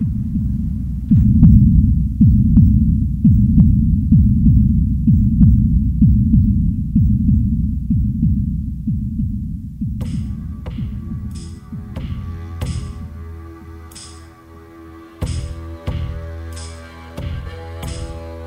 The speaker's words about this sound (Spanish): ¡Arranquen esas tablas! ¡Aquí! ¡Aquí es el latido de su implacable corazón!